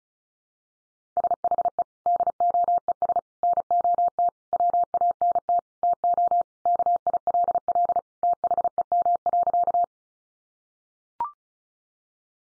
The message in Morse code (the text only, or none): SHE DOES NOT WANT TO KILL THEM.